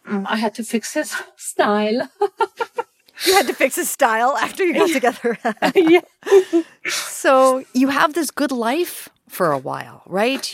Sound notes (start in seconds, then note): 2.0 laughter; 4.6 laughter